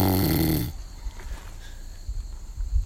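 A 62-year-old man asleep outdoors, snoring.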